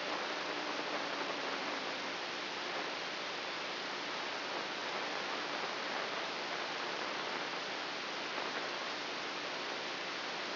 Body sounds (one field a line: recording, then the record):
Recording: brain microelectrode recording played as sound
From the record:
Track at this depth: inside the subthalamic nucleus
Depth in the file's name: 0.806 mm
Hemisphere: right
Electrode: 3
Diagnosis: Parkinson's disease